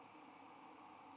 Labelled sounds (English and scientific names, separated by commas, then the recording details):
White-throated Sparrow (Zonotrichia albicollis) flight call
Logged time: 05:42 on 3 November 2014